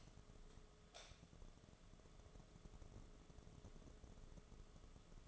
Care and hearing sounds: daily activity, microphone in the room; light on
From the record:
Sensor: 4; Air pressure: 1011.1 hPa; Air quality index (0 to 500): 147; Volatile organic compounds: 3 ppm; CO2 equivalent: 1506 ppm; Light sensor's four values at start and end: 129/337/142/148 and 129/340/143/149

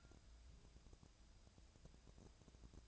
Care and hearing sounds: daily activity, microphone in the room; take from stove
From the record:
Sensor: 2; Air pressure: 999.9 hPa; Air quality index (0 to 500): 121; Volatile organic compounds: 2 ppm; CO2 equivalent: 1043 ppm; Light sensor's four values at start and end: 37/90/40/45 and 37/90/40/45

